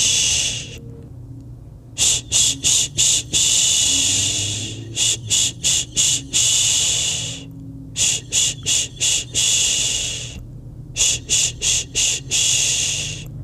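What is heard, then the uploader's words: Soft shushing sounds come in rhythmic bursts: a few quick short "shh" pulses followed by a longer sustained one, repeating about every three seconds. The hiss is bright. Underneath sits a low, steady hum that never stops. Uninterrupted 90+ minutes of a real human voice to shush your restless baby (or yourself) to sleep. A mix of natural and calming shushing sounds.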